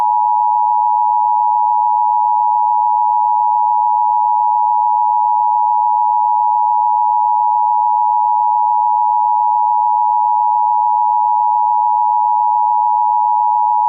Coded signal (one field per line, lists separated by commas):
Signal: Emergency Alert System (SAME) tones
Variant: 853 and 960 Hz attention tone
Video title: EAS Scenario #1 - The Moon Is Falling